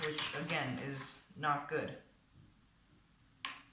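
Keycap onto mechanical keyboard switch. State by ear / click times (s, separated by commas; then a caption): seated / 3.5 s. Someone talks, then a plastic keycap is pushed onto a mechanical keyboard switch and seats with one sharp snap at 3.4 s.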